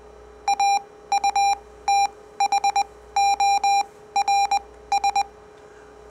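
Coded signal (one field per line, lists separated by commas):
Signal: Morse code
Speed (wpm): 20 wpm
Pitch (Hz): 800 Hz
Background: none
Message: AUTHORS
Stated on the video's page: Morse code generated with different waveforms, sine, square and sawtooth, as a copying experiment.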